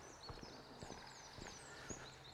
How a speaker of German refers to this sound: Der Freund, der Specht.